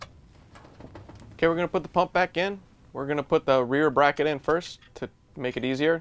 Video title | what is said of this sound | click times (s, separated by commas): How To: Whirlpool/KitchenAid/Maytag Clutch Lining 285790 | and then making sure that it locks into place | 0.0 s